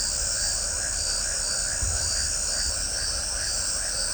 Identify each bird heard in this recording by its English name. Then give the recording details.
none. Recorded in shrubland near Pivijay, Magdalena, Colombia, on 3 June 2023 at 21:00. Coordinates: 10.453, -74.365. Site P5-G022